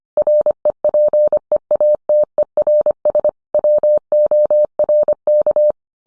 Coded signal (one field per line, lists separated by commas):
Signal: Morse code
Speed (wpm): 25 wpm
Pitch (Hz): 600 Hz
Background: none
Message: REPEATERS WORK